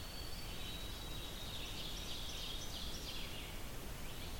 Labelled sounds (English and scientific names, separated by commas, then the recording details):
Ovenbird (Seiurus aurocapilla) song
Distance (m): 95 m
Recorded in boreal forest in Alberta, Canada, on 20 June 2016 at 05:57
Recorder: SongMeter 3, array SBT-6-81
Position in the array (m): 154 m, 261 m
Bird 25